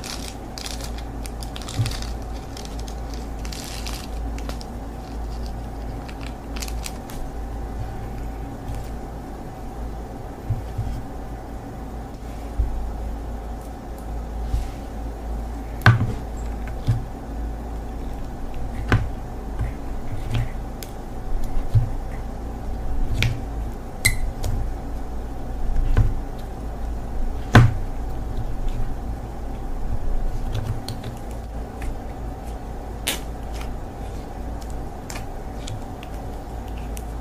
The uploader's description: It was so much fun to play with the slime.